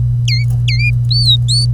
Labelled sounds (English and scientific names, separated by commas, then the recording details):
Domestic Canary (Serinus canaria) song
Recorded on 25 April 2018 at 08:55
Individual llb3